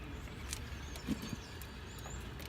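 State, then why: Seated. A new Texas Star turn signal lamp is slid into the fender opening of a Jeep Wrangler with its tabs lined up and pushed in until it clicks. A sharp click is heard at 0.5 s over low background noise, followed by a fainter sound at 1.6 s. The lamp is confirmed seated in the housing.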